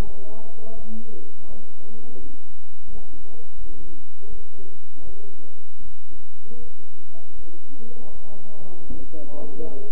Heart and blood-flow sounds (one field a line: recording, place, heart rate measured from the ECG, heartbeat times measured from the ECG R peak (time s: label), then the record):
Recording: heart sounds by stethoscope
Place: between the tricuspid and mitral areas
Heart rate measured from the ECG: 81 bpm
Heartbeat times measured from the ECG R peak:
0.04 s: heartbeat
0.76 s: heartbeat
1.48 s: heartbeat
2.21 s: heartbeat
2.89 s: heartbeat
3.58 s: heartbeat
4.29 s: heartbeat
5.04 s: heartbeat
5.82 s: heartbeat
6.59 s: heartbeat
7.35 s: heartbeat
8.12 s: heartbeat
8.87 s: heartbeat
9.61 s: heartbeat
From the record:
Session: bicycle stress test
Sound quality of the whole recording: good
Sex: male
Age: 23 years